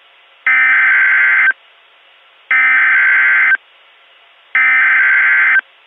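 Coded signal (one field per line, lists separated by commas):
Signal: Emergency Alert System (SAME) tones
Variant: header bursts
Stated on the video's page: Fictional EAS scenario containing valid EAS tones.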